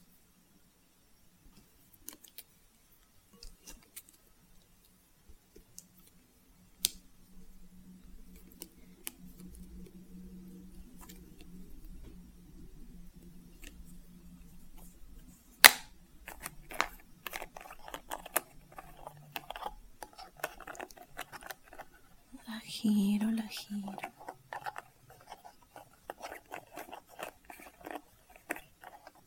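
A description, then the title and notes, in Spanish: Someone eats a banana, with soft wet mouth clicks and sharp smacks scattered through, a loud snap near 16 seconds. A low steady hum runs under the first twenty seconds, and a brief louder rustle or chewing burst comes around 23 seconds. ASMR comiendo una banana.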